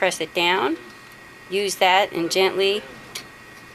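An SFP transceiver's spring-loaded handle is pressed down and the module is gently pulled back out of the switch port while someone talks. A single short click is heard at 3.2 s as the latch lets go and the transceiver releases.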